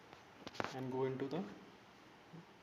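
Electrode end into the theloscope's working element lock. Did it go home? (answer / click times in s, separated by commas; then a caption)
yes / 0.6 s. The end of a loop electrode, slid over a bovine theloscope and passed through its working element, is pushed into the locking hole and seats with a sharp click at 0.6 s, following faint ticks at 0.1 and 0.5 s. Someone talks over the rest of the clip, and the electrode end is locked into the working element.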